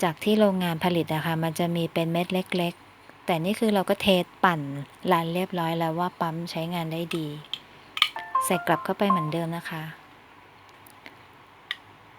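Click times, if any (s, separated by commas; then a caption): none. After the impeller is cleaned, the plastic cover or impeller housing of a small fountain pump is handled and put back on, to be refitted until it clicks and sits snugly. Someone talks through most of the clip while a few short, sharp knocks sound, with quiet at the end. Nothing has seated or clicked yet.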